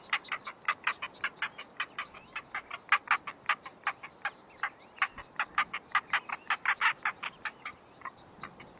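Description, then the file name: Bustard giving a continuous series of dry, rasping notes, evenly paced throughout with little else heard. "Canto da abetarda de asa preta"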